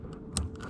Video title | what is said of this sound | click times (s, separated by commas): Volvo V70 S60 S80 XC70 XC90 P2 Brake pedal Position sensor replacement | Push it in till it clicks. | 0.4 s